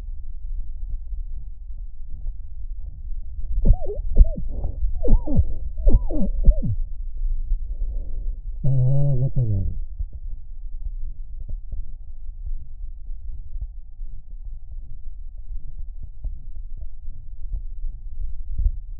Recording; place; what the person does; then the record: lung sounds by stethoscope; right anterior apical chest; quiet breathing, then cough and speech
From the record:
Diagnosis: interstitial lung disease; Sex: male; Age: 72 years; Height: 170 cm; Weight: 62.9 kg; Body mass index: 21.8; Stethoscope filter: extended mode